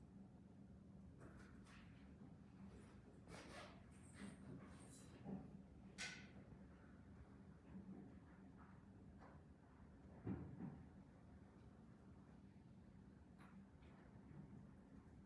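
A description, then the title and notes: Ambience inside a Glasgow library: a steady low hum runs under the whole recording. Brief scattered knocks, clicks and rustles break through now and then, clustering around four to six seconds, with a slightly louder bump near ten seconds. Glasgow library. (university of glasgow).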